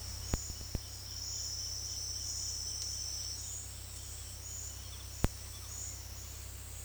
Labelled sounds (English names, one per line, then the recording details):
Roadside Hawk
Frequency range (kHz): Roadside Hawk 2.2-4.0 kHz
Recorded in dense forest near Puerto Asís, Putumayo, Colombia, on 19 February 2024 at 09:30
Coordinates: 0.485, -76.322
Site G6406